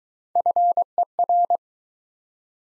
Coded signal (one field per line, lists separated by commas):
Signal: Morse code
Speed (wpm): 24 wpm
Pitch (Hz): 700 Hz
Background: none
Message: FER